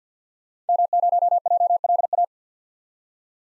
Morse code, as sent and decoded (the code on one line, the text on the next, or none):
-- ----- .--- .-.. .-
M0JLA